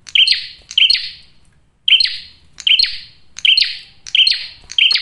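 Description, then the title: Bar-winged prinia song: loud, sharp chirps repeated, with a short pause in the first half. Male, singing persistently with a clear, dense voice; suited to luring birds or calling in females. "Masteran Duet Cililin Vs Kapas Tembak. PRENJAK JANTAN GACOR SUARA JERNIH, RAPET. " COCOK UNTUK PIKAT MAUPUN PANCINGAN BETINA ""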